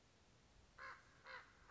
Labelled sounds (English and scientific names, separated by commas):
Acorn Woodpecker (Melanerpes formicivorus)